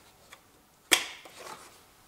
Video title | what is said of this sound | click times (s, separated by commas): How to use Toyota Prius Engine Oil Level DIPSTICK. Years 2000 to 2022 | When we heard and we can hear this click, then we can think that now | 0.9 s